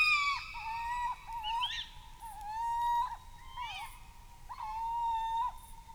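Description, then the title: Tawny owl giving drawn-out, wavering tonal calls, a few long notes with brief breaks between them. Female calling at night in a field within a combe below cliffs in Peyrieu, France; captured overnight by a small unattended recorder fixed to a tree, stereo microphones. "Combe du Golet du Gela Peyrieu, France - Cris d'une chouette hulotte femelle dans la nuit"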